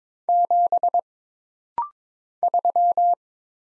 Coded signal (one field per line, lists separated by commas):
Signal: Morse code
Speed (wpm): 23 wpm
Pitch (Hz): 700 Hz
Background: none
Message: 7 3